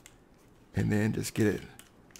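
A plastic mounting clip of a SHOC 3.0 Thunder Visor is handled on the wire face-mask bar of a Rip It softball mask. Someone talks through the middle of the clip, and faint handling ticks come at about 0.1 s and 2.1–2.2 s. Nothing has seated or clicked yet.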